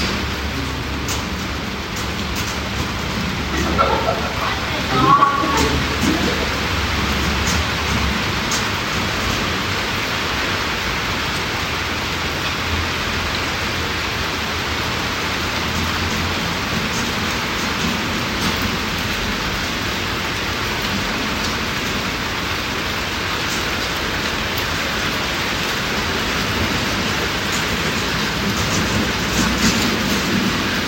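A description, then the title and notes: Rain falls steadily across the city, a dense, even hiss that holds its level for the whole stretch. A low rumble of traffic runs underneath, and around five seconds a brief knock or splash stands out before the wash settles again. Raining in Istanbul. I wanted to share the sound of rain in Istanbul.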